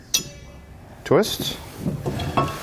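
The ring on the spring-loaded locking pin of a Roadmaster Crossbar-Style Base Plate Kit arm on a 2018 Ford Edge is pulled to retract the pin, giving a sharp metallic clink at 0.1 s. Someone talks as the pin is released so the arm can be twisted and removed.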